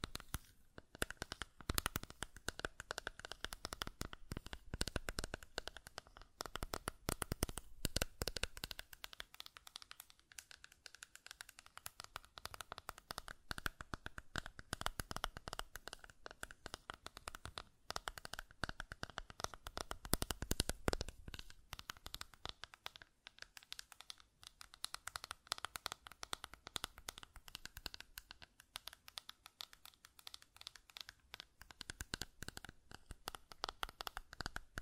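Rapid, dense clicking and tapping runs through the whole recording, sharp crisp ticks piling up almost continuously with little regular rhythm. Brief thinner patches around 10, 25 and 30 seconds let individual clicks stand out before the busy tapping fills in again.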